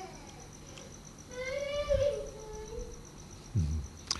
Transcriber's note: child crying